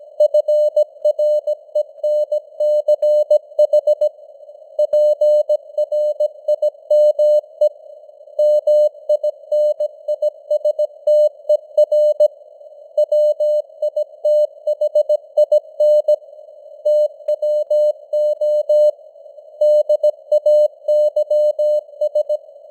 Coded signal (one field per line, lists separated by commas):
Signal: Morse code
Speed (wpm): 17 wpm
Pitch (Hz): 600 Hz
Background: none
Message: FRENCH PRIME MINISTER WITHIN TWO DAYS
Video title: Morse Code News | 2025-10-09 | 17wpm